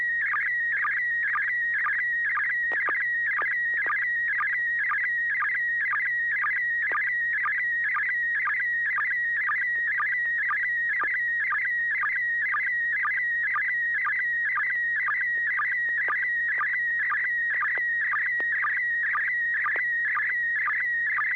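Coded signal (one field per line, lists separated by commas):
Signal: SSTV (slow-scan television)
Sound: warbling tone around 2 kHz with a short low chirp about twice a second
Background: low hum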